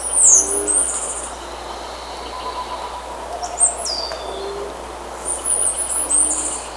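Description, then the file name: Bird calls: sharp, very high squeaky bursts at the start, middle and end, over soft low tonal notes and a steady background hiss. "SABIOD 50 bird 2015"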